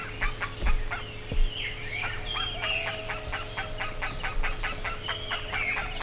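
Bird calling in quick repeated bursts of harsh notes, mixed with occasional whistled rising and falling notes, over a steady low hum and a few dull thumps early on.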